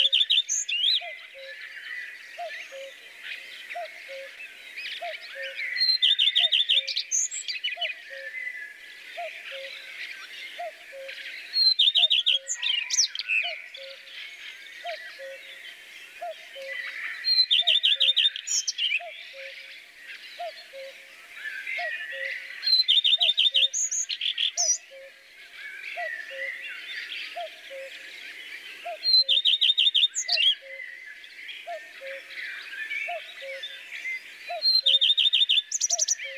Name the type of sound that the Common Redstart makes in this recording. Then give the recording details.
song. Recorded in the wild. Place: Oberrotweil am Kaiserstuhl, Baden-Württemberg, DE. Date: 1982-05-08. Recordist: Schwarz, Dieter